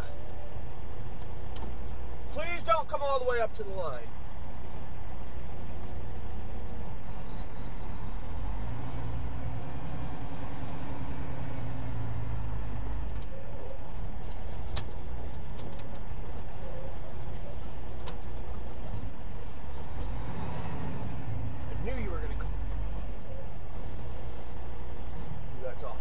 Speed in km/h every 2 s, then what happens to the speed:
0, 0, 0, 0, 0, 0, 0, 0, 0, 0, 0, 0, 0.
0-26 standing.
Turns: none.